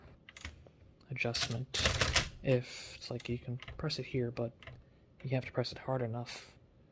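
A metal margin bar on a Hammond Multiplex typewriter, which is imperfect in adjustment, is handled and pressed, since it has to be pressed firmly enough to click into place. A few short, sharp mechanical clicks sound near the start, around 0.3 to 0.5 seconds, while someone talks through most of the clip. Nothing has seated or clicked into place yet.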